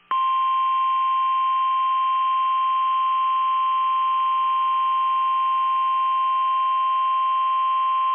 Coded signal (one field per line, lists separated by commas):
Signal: Emergency Alert System (SAME) tones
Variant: 1050 Hz attention tone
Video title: NOAA Weather Radio - Severe Thunderstorm Warning [EAS #165] (5/27/22)